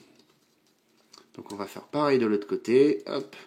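A leg/claw part of a plastic transforming robot/dinosaur toy is pivoted on its hinge until it clips into place in the toy's body. After a couple of faint ticks, a sharp snap is heard at 1.1 s as the part seats. Someone then talks while moving on to the other side.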